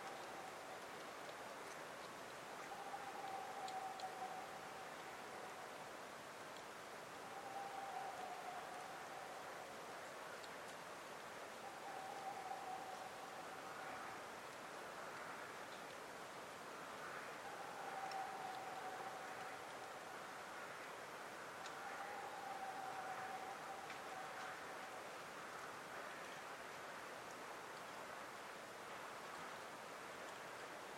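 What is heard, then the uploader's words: A Whiskered Screech Owl gives a short, low, level call about every five seconds, five times in all. A steady, even hiss like rushing water fills the background throughout and barely changes. Cave Creek Canyon - Whiskered Screech Owl. At the South Fork Cave Creek Canyon Trailhead in the Chiricahua Mountains of SE Arizona, near Portal.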